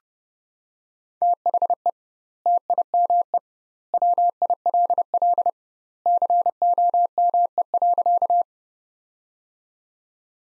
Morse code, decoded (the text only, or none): THE TIME WILL COME.